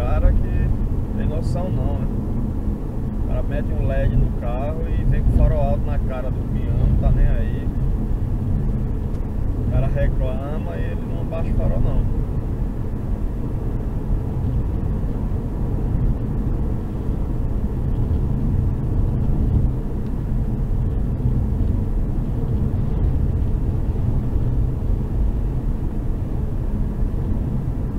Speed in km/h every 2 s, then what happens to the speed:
105, 106, 108, 109, 111, 113, 114, 115, 114, 113, 111, 112, 114, 113.
0-14 speeds up to 115. 14-28 steady at about 113.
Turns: none.